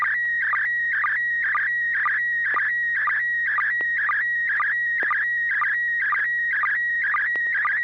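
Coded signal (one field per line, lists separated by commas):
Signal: SSTV (slow-scan television)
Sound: steady whistle broken twice a second by warbling chirps and short low blips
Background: low hum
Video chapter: and6 pgq almost perfect reception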